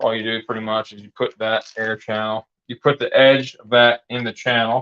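Someone talks while the edge of a bag is placed into the air channel of a vacuum sealer, ahead of pushing the lid down to latch onto the base on both sides. Only speech is heard, with no clicks. Nothing has latched or clicked yet.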